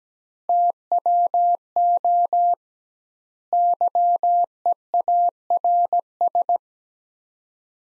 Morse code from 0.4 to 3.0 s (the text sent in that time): TWO